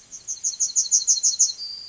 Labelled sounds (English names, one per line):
Yellowhammer song